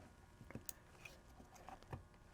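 Plastic retaining clips holding the ignition module circuit board in a Mr Heater propane torpedo heater are snapped down by hand while the ignition module is replaced on a heater that was not igniting. Sharp, short clicks land at 0.5 s and 0.7 s, followed by a few fainter ticks. The clips are locked into place.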